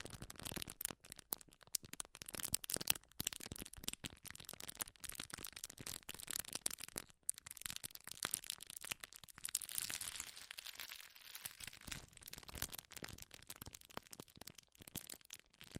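Powerful crinkling fills the whole stretch, a dense crackle of sharp, bright snaps packed tightly together with no real pauses. The texture stays busy and irregular throughout, briefly thinning around seven seconds and again near eleven before building back up.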